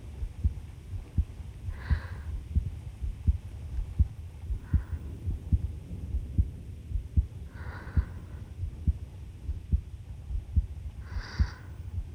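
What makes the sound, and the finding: Heart, by stethoscope or close microphone. Normal heartbeat.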